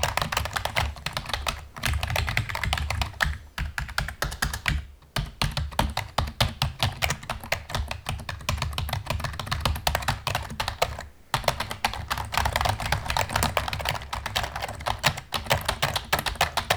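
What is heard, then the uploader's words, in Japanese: Fast typing on a keyboard, a dense, rapid stream of crisp clicks with a low thump under each, pausing briefly near 5 and 11 seconds. キーボードの音…高速タイピング。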